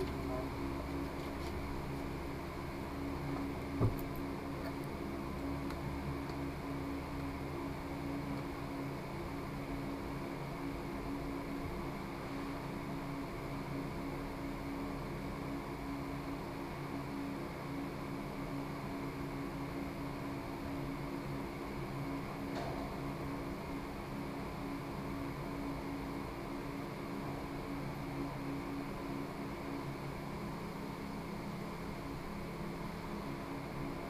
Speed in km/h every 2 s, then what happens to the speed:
3, 3, 3, 3, 3, 3, 3, 3, 3, 3, 3, 3, 3, 2, 2, 2, 2.
0-28 steady at about 3. 28-34 standing.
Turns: none.